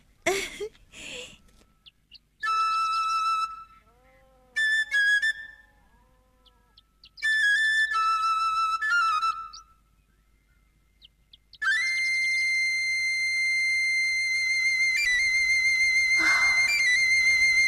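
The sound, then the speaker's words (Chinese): An eagle-bone flute played by an elderly grandfather gives several short, breathy phrases with bending, sliding high notes separated by pauses, then settles into a long, steady held tone that carries to the end. “不，孩子们，我只要还能喘气就能吹鹰笛啊。我吹给你们听听。”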